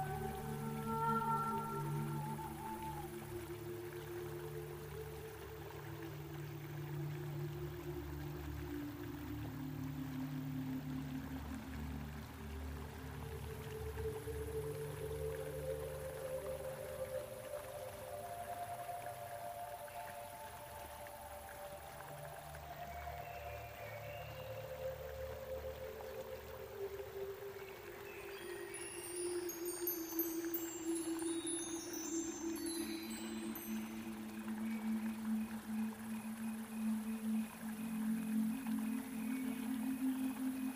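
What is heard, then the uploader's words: Soft humming and wordless singing drift in slow, overlapping tones over a steady water flow, with a brief bright twinkling around thirty seconds. Water fall. Relaxing ambient music. Elven village ambience |soft humming&singing. Reading poem. Water flow.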